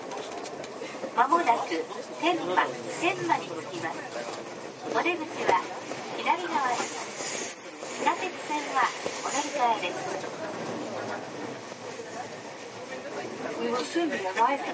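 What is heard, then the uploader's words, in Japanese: Aboard a JR 323 series train at Momodani, several voices talk over one another without pause for the whole stretch. A steady low hum runs underneath, and the chatter swells a little around the middle before settling back to the same busy level. JR323系 桃谷→桃谷。朝早くに乗車して録音しましたが、そこそこ乗客がおり、少し声が聞こえます。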